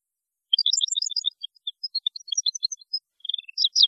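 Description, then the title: European goldfinch song, a fast continuous stream of bright tinkling notes and twitters, ending with louder chirps. "Chant Chardonneret"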